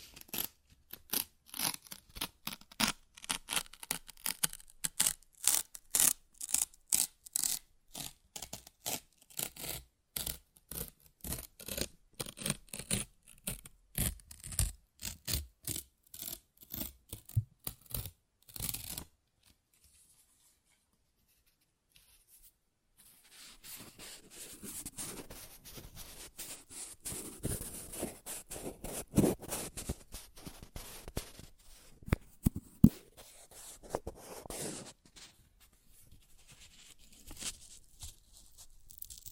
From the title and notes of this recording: ASMR Paper Ripping Tearing Sounds (No Talking).